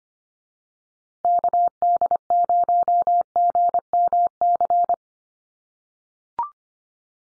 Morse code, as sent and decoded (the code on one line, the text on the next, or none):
-.- -.. ----- --. -- -.-.
KD0GMC